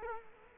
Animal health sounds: mosquito wingbeat signal from an infrared sensor; Culex quinquefasciatus

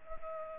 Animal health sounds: mosquito wingbeat signal from an infrared sensor; Culex pipiens

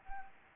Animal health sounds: mosquito wingbeat signal from an infrared sensor; Anopheles arabiensis

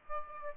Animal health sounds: mosquito wingbeat signal from an infrared sensor; Aedes aegypti

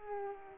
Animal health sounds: mosquito wingbeat signal from an infrared sensor; Aedes aegypti

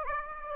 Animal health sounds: mosquito wingbeat signal from an infrared sensor; Aedes aegypti

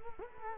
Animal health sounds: mosquito wingbeat signal from an infrared sensor; Culex quinquefasciatus

